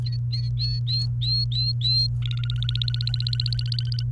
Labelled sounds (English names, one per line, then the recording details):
Domestic Canary song
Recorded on 30 April 2018 at 07:38
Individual llb3